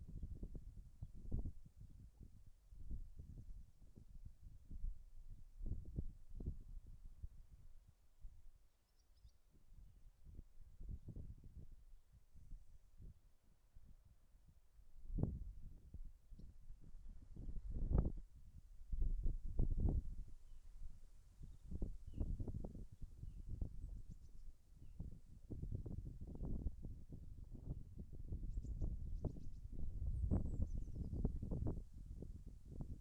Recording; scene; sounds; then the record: everyday scene through a hearing-aid microphone; wind on the microphone; wind, birds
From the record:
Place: in front of a rural house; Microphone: behind the ear, left, rear